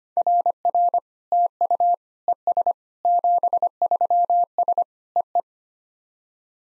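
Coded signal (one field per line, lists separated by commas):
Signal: Morse code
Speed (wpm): 25 wpm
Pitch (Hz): 700 Hz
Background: none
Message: RR TU ES 73S EE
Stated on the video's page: Computer-generated SOTA QSO practice drill at 25 wpm; each exchange is sent in Morse, then spoken, then sent again.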